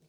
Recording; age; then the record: pig call; piglet (1 to 25 days)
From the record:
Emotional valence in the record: positive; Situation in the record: short reunion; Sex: female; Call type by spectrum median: low-frequency call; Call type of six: low-frequency tonal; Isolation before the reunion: 3 minutes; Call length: 0.10 s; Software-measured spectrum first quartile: 205 Hz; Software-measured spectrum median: 635 Hz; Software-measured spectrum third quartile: 5781 Hz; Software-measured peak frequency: 159 Hz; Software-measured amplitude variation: 81 dB a second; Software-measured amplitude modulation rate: 5.2 a second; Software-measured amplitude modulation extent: 15.5 dB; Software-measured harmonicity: 8.0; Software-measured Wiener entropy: -2.66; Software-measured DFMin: 976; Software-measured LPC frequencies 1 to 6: 2439, 4219, 6048, 7131, 7921, 8990 Hz